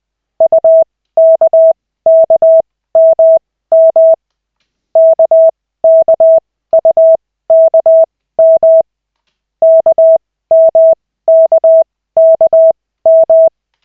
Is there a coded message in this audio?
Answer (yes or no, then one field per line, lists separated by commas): yes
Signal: Morse code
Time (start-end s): 0.4-13.5 s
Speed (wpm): 20 wpm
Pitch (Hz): 650 Hz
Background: none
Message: UKKMM KKUKM KMKKM